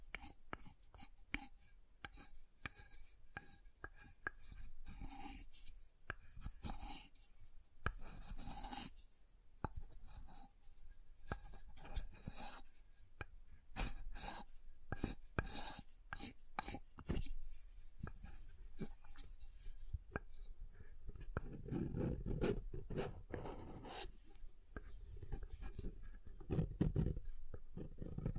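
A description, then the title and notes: Tapping and carving on soap: quick, irregular clicks and short scrapes come densely throughout, crisp and dry. From about twenty seconds on, heavier, fuller rasping strokes take over, rougher and lower than the earlier light taps. ASMR SoftHard Soap Tapping and Carving (No Talking).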